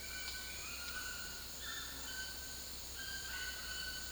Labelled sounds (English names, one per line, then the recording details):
Bright-rumped Attila
White-throated Toucan
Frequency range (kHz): Bright-rumped Attila 2.0-2.7 kHz
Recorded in secondary vegetation near Puerto Asís, Putumayo, Colombia, on 19 February 2024 at 10:00
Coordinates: 0.481, -76.323
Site G6376